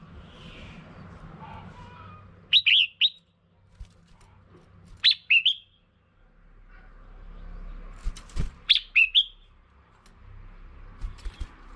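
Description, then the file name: Red-whiskered bulbul giving short chirpy phrases of a few notes every few seconds amid low background noise. Female bird. "tieng chao mao mai"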